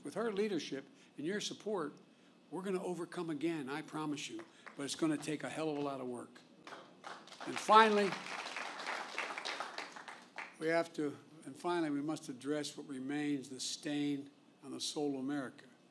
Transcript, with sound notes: With her leadership and your support, going to overcome again, I promise you. But going to take a hell of a lot of work. (Applause.) And finally, we have to—and finally, we must address what remains the stain on the soul of America.